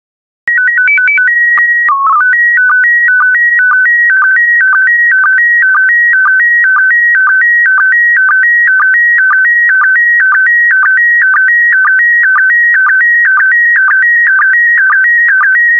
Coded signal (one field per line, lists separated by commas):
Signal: SSTV (slow-scan television)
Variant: PD 120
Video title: 15045 China and Tibet SSTV PD120